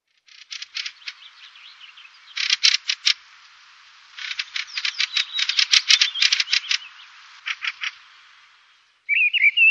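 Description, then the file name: Mistle thrush rattle: dry, harsh, rapid ticking bursts in irregular runs, ending with a brief fluty whistled phrase. "tordella"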